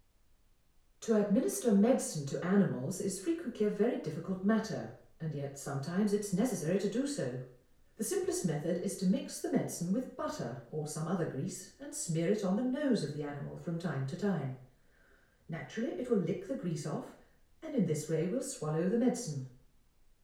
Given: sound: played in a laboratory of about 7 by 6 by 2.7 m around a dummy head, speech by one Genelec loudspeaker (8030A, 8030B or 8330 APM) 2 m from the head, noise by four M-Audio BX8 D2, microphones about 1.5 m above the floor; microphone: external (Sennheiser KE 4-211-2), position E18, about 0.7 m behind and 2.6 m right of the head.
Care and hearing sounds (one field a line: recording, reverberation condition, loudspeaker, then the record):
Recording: female speech in English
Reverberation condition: medium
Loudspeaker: 120 degrees to the left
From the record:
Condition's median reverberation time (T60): about 510 ms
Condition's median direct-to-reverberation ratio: about -0.5 dB